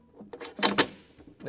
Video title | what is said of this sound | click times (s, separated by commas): QC cabinet check Video 2 of 6 | probably can't hear that on camera but it clicked into place | 0.7 s, 0.8 s